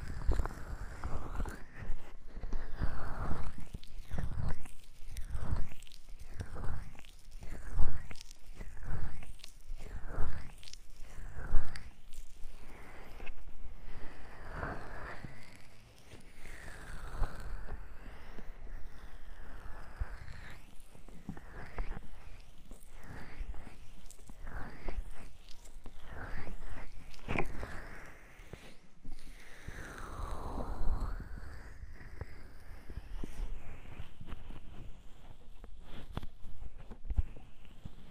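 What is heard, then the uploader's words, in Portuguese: Soft brushing and rubbing sounds, as if a brush, cream and sponge were worked right against a microphone, come in rhythmic strokes about twice a second for the first fifteen seconds. After that the strokes slow into longer, smeared, squishy sweeps, with faint breathy whispers between them. ASMR EAR MASSAGE 3DIO. ASMR massageando seus ouvidos com pincel, creme, esponja.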